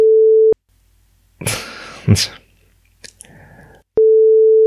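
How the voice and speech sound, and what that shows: Adult man with Tourette syndrome making vocal tics: a short grunt-like burst and a sharper vocal noise, then fainter clicking mouth noises, set between steady sine-wave tones.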